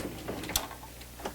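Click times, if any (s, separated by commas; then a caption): none. The sliding wooden pocket door of the bathroom in a 2013 Newmar King Aire coach is pushed toward its door frame catch, its latch meant to lock in place by itself. Soft rubbing and knocking handling sounds are heard, with a brief sharp tap around the middle and a fainter knock near the end. Nothing has seated or clicked yet; the clip ends just before the latch catches.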